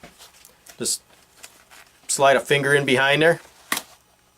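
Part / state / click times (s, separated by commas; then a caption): H plate mount out of MOLLE webbing / released / 3.7 s. An H plate mount is released from MOLLE webbing by sliding a finger in behind it and popping it out. Someone talks, then a sharp pop is heard at 3.7 s as the mount comes free.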